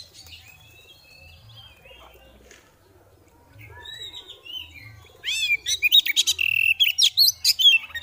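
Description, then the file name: Oriental magpie-robin: quiet faint whistles over a low rhythmic hum, then a loud, fast series of sharp chirps, rising whistles and buzzy rattles. Female kacer (Oriental magpie-robin) calling in the ngeriwik and ngeplong styles; recording intended as bird therapy audio. "Terapi Suara Burung Kacer Betina Ngeriwik Ngeplong"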